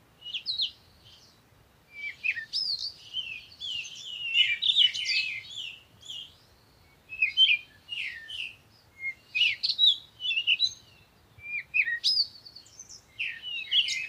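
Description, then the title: Birds singing, chirps, trills and whistles crowding together in bursts with a few pauses, over light background noise. Morning birds recorded outdoors in nature while on vacation. "Morning Birds Meditation - Spiritually Fit with Amelia Andaleon"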